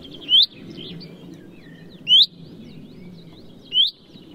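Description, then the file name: Common chaffinch calling three times, each a sharp upward-sweeping note, over steady low background noise. "Fringilla coelebs"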